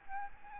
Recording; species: mosquito wingbeat signal from an infrared sensor; Aedes albopictus